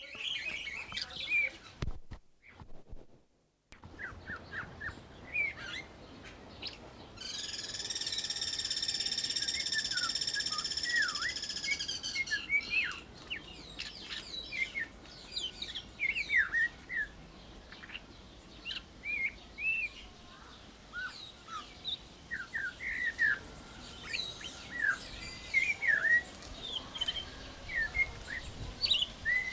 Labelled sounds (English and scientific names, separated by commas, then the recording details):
Guira Cuckoo (Guira guira) call
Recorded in captivity
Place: Zoo Berlin, Berlin, DE
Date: 1992-06-06 12:35
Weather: sonnig, 24-28° C
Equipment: Nagra SN, Mikrofon AKG CK 8, Kopie Tesla B 116
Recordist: Tembrock, Günter